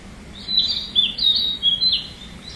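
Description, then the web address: Narcissus flycatcher song: a short run of clear, high whistled notes sliding and warbling, some phrases swooping down, over a low steady background hum. "udragon kibitaki"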